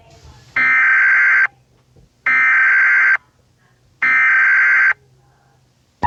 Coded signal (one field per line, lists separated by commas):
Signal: Emergency Alert System (SAME) tones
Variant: header bursts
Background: speech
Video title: EAS Remastered Mock: Suicide Mouse (REMASTERED)